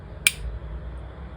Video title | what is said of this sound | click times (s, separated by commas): PLAYMOBIL figurine - How to disassemble hands and feet | And to put it back, you just simply push it until you hear a click. | 0.3 s